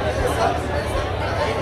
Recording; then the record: background sound without coughing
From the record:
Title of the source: CITY SOUNDS Busy Bar in the Evening Night - 2 HOURS of Ambiance for Relaxation